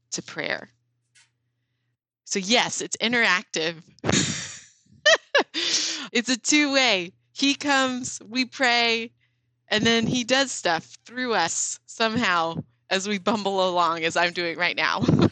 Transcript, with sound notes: to prayer. So, yes, it’s interactive… [laughs] It’s two-way. He comes. We pray. And then He does stuff through us somehow as we bungle along, as I’m doing right now.